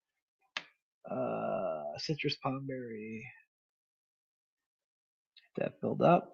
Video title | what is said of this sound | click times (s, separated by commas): Wickin' It & Kickin' It: Special Thursday Edition ... 5/29/25 | that it just pops right onto. It's a nice satisfying snap. | 0.6 s